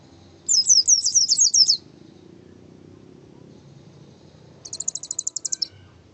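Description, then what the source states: White-eye song: two fast, high trilled phrases, the first warbling and louder, the second an evenly repeated rapid trill, after a long pause. Masteran (tutor recording) of a pleci, played so the bird quickly opens its beak and starts singing.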